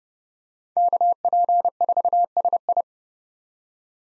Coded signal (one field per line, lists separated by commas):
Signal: Morse code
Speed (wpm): 30 wpm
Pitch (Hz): 700 Hz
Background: none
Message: KP4SI